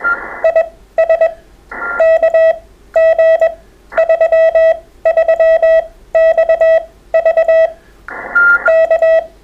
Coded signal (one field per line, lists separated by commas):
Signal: Morse code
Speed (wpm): 21 wpm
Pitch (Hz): 650 Hz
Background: none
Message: IS KG33XV K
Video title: CW Morse Code Group Chats, Sunday 25th July 2021